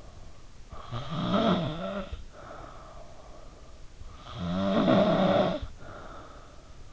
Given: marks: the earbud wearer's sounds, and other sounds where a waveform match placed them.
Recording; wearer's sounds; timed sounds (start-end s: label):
sounds in sleep by an in-ear microphone; snoring breath
0.57-3.53 s: snoring breath
4.15-6.91 s: snoring breath